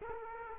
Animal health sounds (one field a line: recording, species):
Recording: mosquito wingbeat signal from an infrared sensor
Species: Culex quinquefasciatus